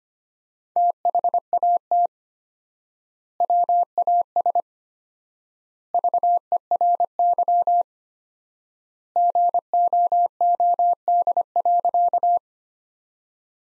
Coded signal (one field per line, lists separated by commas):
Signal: Morse code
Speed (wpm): 25 wpm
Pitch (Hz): 700 Hz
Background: none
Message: THAT WAS VERY GOOD.